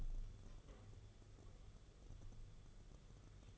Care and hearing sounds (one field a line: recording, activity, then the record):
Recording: daily activity, microphone in the room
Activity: take from stove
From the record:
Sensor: 4